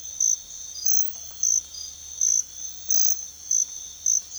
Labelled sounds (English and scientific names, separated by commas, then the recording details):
none
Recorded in secondary vegetation near Puerto Asís, Putumayo, Colombia, on 28 February 2025 at 05:30
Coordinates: 0.500, -76.326
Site GP04